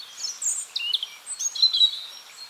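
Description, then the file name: European robin song, a rapid run of high, thin whistles and twittering notes changing pitch from note to note, almost without pause. "Erithacus rubecula"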